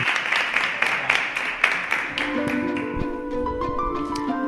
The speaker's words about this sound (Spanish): Un aplauso.